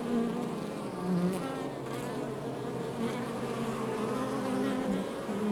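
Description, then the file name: Honey bees humming together, a thick constant buzz with brief brighter tones over the steady drone. Outside the hive. "Ruche Exterieur"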